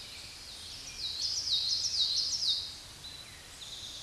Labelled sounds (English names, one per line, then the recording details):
Common Yellowthroat song
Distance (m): 15 m
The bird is about 5 m above the microphone
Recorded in a Pennsylvania forest on 16 May 2024 at 06:38
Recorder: AudioMoth, point MSD-2007
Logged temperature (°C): 16.1 °C
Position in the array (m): 46 m, 44 m